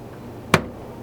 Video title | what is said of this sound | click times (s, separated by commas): Replacing A Doulton® Ceramic Water Filter: EcoFast® Filter Candle Replacement - Doulton India | the assembled filter firmly into the head until it clicks into position | 0.5 s